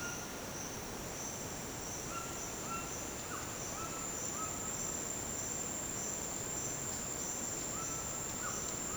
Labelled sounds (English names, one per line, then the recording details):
White-throated Toucan
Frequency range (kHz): White-throated Toucan 0.7-3.0 kHz
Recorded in dense forest near Puerto Asís, Putumayo, Colombia, on 22 June 2025 at 08:30
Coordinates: 0.484, -76.317
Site G045